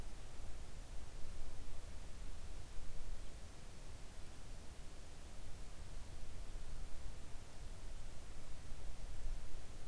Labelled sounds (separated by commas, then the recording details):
near silence
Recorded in the Arctic National Wildlife Refuge, Alaska, on 3 August 2019 at 06:12
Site 41